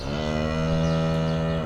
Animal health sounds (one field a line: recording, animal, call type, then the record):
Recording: contact call of a hoofed animal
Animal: cattle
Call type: low-frequency (closed-mouth) or high-frequency (open-mouth) call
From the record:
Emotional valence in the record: negative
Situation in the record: full separation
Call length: 1.66 s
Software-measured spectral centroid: 1780 Hz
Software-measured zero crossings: 1520 a second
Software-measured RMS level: -24 dBFS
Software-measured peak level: -12 dBFS